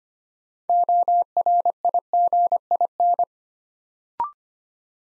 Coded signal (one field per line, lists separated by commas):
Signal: Morse code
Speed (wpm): 25 wpm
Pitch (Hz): 700 Hz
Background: none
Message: ORIGIN